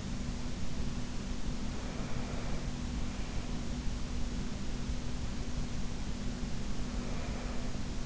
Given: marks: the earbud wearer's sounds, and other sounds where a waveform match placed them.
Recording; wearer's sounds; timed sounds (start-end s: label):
sounds in sleep by an in-ear microphone; breath
1.81-2.78 s: breath
6.81-8.06 s: breath